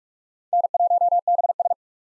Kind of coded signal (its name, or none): Morse code